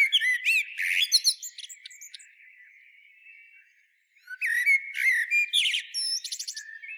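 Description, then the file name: Common blackbird singing: fluty warbles ending in squeaky twitters, a quiet thin-warbling lull of about two seconds, then another bright warbled, twittering phrase. "Turdus merula"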